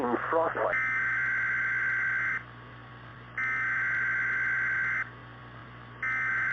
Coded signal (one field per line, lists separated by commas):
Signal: Emergency Alert System (SAME) tones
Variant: header bursts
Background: speech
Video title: TMYK and Mr Jakes EAS Scenario Nuclear Sabotage (REUPLOAD)